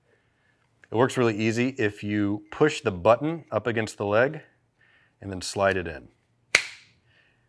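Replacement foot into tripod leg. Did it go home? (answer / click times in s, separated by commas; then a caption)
yes / 6.5 s. Someone talks while an ultralight replacement foot is slid into a leg of a Peak Design Travel Tripod with its button pressed against the leg. A loud, sharp click comes at 6.6 s as the foot seats, and the button pops out once it is secure.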